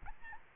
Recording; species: mosquito wingbeat signal from an infrared sensor; Aedes albopictus